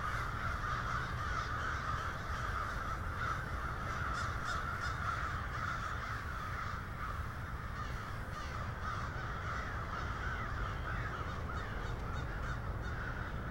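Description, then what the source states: Many crows caw together in an unbroken, blurred chorus of hoarse calls above a constant low-pitched hum. Several crows.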